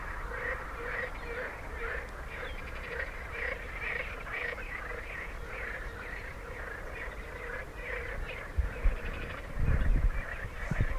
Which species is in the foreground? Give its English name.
Corn Crake